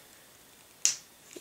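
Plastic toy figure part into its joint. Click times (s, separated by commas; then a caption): 0.9 s. A second matching plastic part on a transforming toy figure, which sits on a tiny ball joint, is pulled out and pushed home into its joint. A single sharp, bright click sounds at 0.9 s, followed by a faint softer tap around 1.3 s. The part is seated.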